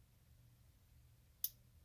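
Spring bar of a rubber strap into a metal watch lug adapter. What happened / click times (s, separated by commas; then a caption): The spring bar clicked into its hole / 1.4 s. While the fork end of a tool pries the spring bar inward, a rubber strap is pushed and worked into a metal lug adapter from a strap adapter kit for the Casio World Time AE1200 and AE1300. Over a quiet low hum, a single sharp, bright click at 1.5 seconds marks the spring bar seating in its hole.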